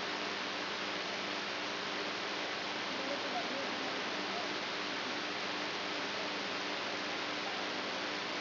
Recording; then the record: brain microelectrode recording played as sound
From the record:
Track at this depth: inside the subthalamic nucleus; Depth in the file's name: 4.715 mm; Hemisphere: right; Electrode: 3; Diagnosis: Parkinson's disease